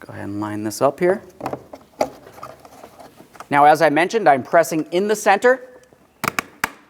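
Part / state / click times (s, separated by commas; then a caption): side mirror glass onto the mirror housing locking clips / seated / 6.3 s, 6.4 s, 6.6 s. Someone talks while the upper side mirror glass of a 2015-2025 Ford Transit 250 is lined up and pressed in at the center, not the edges, to avoid damaging the glass. Its plastic clips go onto the locking clips of the mirror motor housing. Three sharp clicks at 6.3, 6.4 and 6.6 seconds show the locking tabs snapping and the glass seated.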